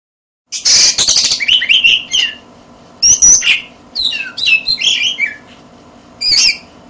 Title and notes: suara kacer. kumpulan suara burung kacer